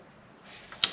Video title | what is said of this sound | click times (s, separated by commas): Triumph street twin 900, fitting panier frames and mounts for soft triumph luggage. | That way you can hear the click up and down as that bearing locates in that that little notch. | 0.8 s